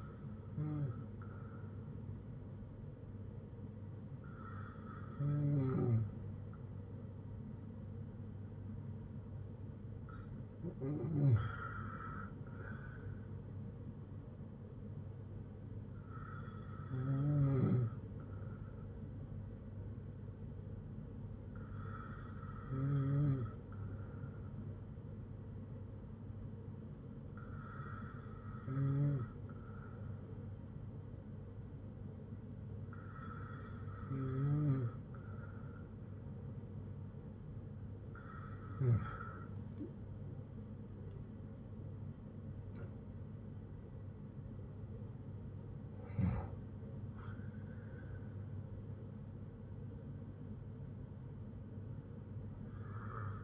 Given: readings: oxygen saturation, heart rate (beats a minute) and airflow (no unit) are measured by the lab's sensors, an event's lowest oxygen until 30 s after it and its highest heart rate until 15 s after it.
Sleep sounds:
breathing in sleep by a smartphone at the bedside; none
none scored
From the record:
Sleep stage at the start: N2 (light sleep); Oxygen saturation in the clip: 94 to 95%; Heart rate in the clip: 56 to 78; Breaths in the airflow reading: 9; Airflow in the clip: -7.1 to 8.6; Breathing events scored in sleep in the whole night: 182 in 7.4 hours asleep

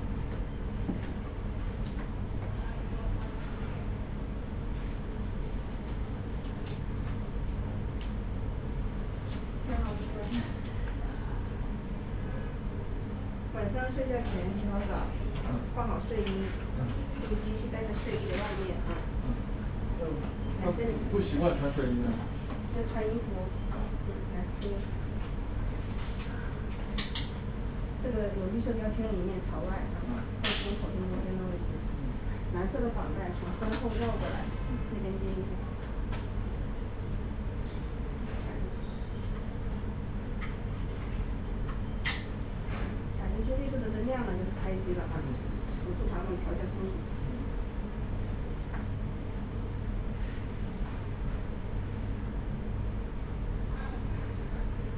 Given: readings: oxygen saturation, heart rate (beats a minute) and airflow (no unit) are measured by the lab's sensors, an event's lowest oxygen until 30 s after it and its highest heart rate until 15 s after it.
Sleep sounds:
a person awake in a sleep study, by a smartphone at the bedside; none
0.00-54.98 s: awake
0.00-54.98 s: awake
From the record:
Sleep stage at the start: awake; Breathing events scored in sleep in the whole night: 210 in 6.9 hours asleep

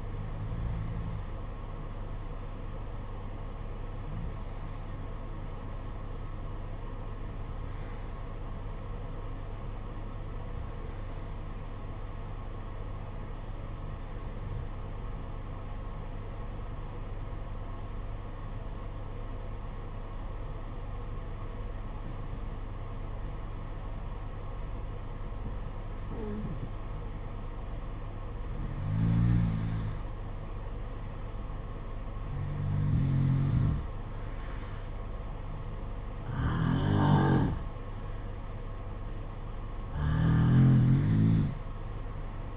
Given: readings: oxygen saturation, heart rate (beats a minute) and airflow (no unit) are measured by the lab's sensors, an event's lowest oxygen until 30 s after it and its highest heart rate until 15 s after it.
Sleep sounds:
breathing in sleep by a smartphone at the bedside; 1
8.00-28.40 s: hypopnea (N2, oxygen 95% highest, then 89% lowest, heart rate 53 at the start, 59 highest)
27.00-42.56 s: new sleep stage, N1 (lightest sleep)
From the record:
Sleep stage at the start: N2 (light sleep); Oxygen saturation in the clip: 90 to 95%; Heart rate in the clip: 53 to 59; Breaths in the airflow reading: 12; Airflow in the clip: -7.8 to 6.6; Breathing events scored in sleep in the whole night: 476 in 9.7 hours asleep

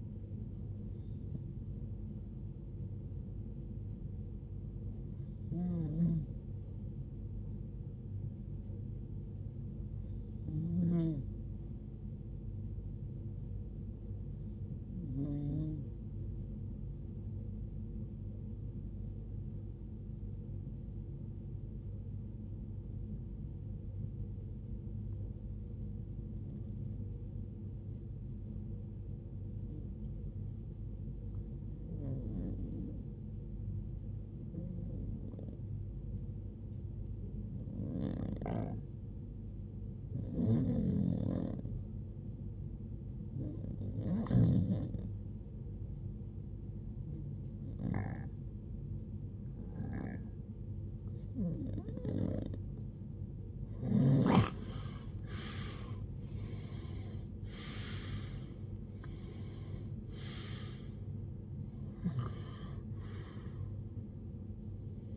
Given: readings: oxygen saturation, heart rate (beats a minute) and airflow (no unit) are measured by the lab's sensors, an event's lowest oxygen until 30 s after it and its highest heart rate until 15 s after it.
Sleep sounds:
breathing in sleep by a smartphone at the bedside; 1
9.00-52.80 s: hypopnea (REM, oxygen 96% highest, then 92% lowest, heart rate 73 at the start, 80 highest)
From the record:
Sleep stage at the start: REM sleep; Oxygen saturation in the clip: 89 to 96%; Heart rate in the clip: 47 to 80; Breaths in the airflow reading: 19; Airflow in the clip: -18.7 to 16.9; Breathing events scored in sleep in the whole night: 389 in 6.3 hours asleep

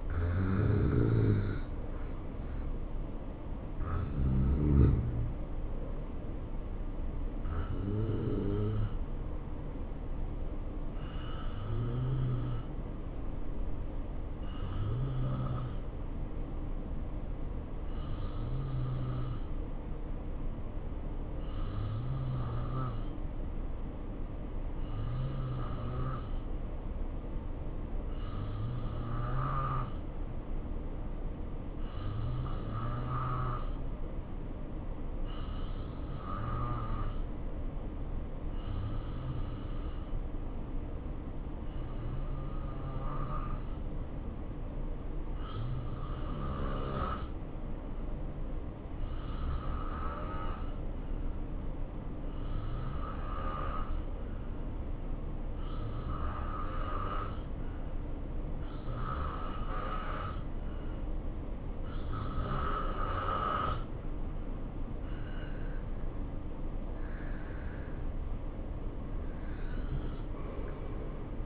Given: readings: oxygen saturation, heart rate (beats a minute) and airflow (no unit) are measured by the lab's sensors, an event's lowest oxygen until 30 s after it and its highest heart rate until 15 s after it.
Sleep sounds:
breathing in sleep by a smartphone at the bedside; 1
9.00-62.40 s: hypopnea (N2, oxygen 94% highest, then 87% lowest, heart rate 69 at the start, 73 highest)
From the record:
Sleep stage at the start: N2 (light sleep); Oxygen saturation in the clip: 86 to 94%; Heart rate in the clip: 63 to 73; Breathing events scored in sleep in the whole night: 277 in 7.4 hours asleep

